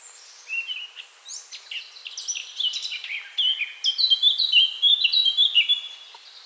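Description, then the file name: Eurasian blackcap delivering a soft twittering start that grows into a loud, fluting, whistled flourish with descending slurred notes. "Sylvia atricapilla"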